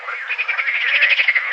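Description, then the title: Water frog in chorus, several rapid pulsed croaks overlapping into a continuous rattling din. Several green frogs; Combrit, Finistère; June 2010. "Sylvain Jaskowiak - Animus. Grenouilles vertes - Combrit, Finistère - juin 2010"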